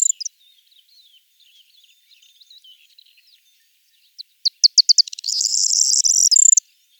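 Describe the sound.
Corn bunting: faint twittering from other birds, then a corn bunting song: spaced ticks accelerating into a bright, metallic jangle lasting over a second.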